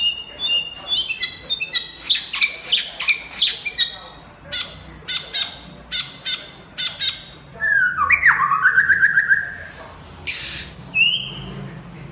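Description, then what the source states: White-rumped shama song: vigorous varied outpouring of rapid sharp chips and trills, then a descending whistled slur and a few high clear notes. Champion bird from a singing contest.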